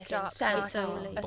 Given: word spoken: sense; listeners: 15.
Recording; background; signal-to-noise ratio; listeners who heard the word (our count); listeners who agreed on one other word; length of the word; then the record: one English word in noise, from a listening test; four-talker babble; 0.0 dB; 2 of 15; 7 of 15; 0.87 s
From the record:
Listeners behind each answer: 7, 4, 2, 1, 1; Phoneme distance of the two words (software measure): 37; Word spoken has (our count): 1 syllable, 4 phonemes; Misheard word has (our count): 1 syllable, 3 phonemes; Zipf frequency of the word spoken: 5.23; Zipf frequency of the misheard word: 4.94